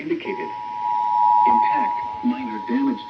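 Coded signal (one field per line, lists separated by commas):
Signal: Emergency Alert System (SAME) tones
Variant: 853 and 960 Hz attention tone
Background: speech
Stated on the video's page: Severe thunderstorm and tornado warning alerts set off on a Reecom weather radio receiver.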